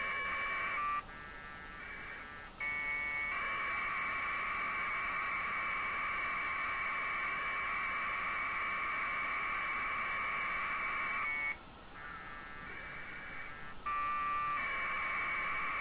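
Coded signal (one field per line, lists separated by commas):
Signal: packet radio (AX.25, as in APRS)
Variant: 1200 baud AFSK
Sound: long harsh warbling data bursts between about 1.2 and 2.2 kHz, with short gaps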